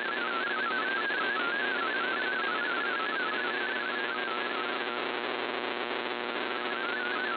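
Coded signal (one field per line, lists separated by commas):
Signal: multi-tone FSK (Olivia or MFSK type)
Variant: MFSK16 or MFSK32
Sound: rapid warbling single tone jumping between pitches, buried in hissy shortwave noise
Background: radio static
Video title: VOA Radiogram 20160213 1600 UTC 17580 kHz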